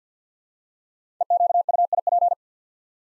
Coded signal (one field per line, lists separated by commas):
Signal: Morse code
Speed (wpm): 48 wpm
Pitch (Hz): 700 Hz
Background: none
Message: EQUIP